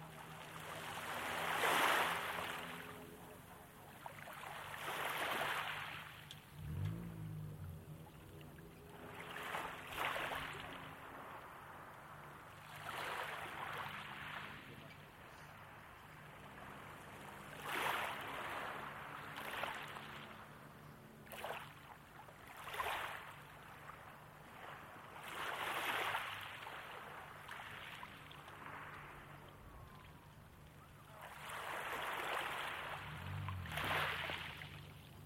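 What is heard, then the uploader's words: Waves wash onto a beach in repeated surges every few seconds, with a low steady engine hum and brief thumps underneath. Three rough and ready recordings of waves on beaches in North East England. It was a nice evening for walk.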